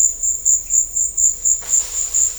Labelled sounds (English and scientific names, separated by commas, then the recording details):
none
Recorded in dense forest near Puerto Asís, Putumayo, Colombia, on 22 December 2024 at 16:30
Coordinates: 0.500, -76.322
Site G053